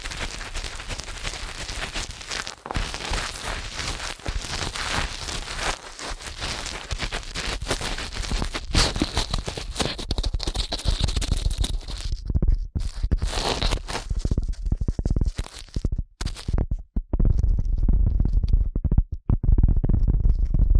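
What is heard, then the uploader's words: Fast ear cleaning: a dense, rapid scratching and crackling with a bright hiss running steadily for the first twelve seconds. After that the rubbing turns choppier and louder, with abrupt starts and stops, short silent gaps and a heavier low rumble underneath. ASMR Ear Cleaning at Helicopter Speed.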